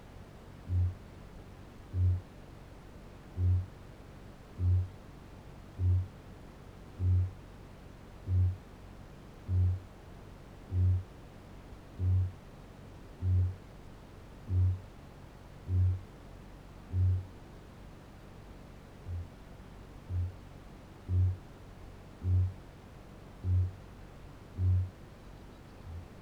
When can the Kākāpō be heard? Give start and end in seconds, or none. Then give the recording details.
0.51-17.37, 18.87-19.39, 19.77-25.04, 25.72-26.06. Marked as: faintness 2/5, faintness 3/5, faintness 4/5. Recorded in New Zealand. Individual Barnard